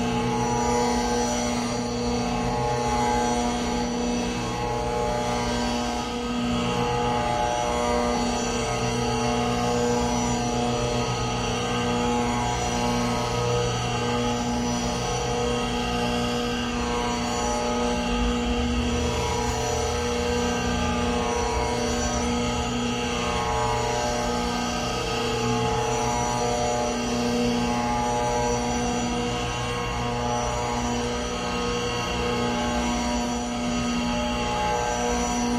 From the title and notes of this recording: Modified Longform Tambura Drone. This is an experimental long form drone from a tambura recording gradually mixed with signal processing of various forms.